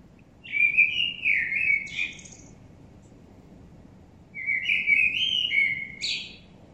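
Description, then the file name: Common blackbird singing two mellow whistled phrases a few seconds apart, each closing with a sharp, squeaky high flourish; quiet steady background hiss between them. "Turdus merula"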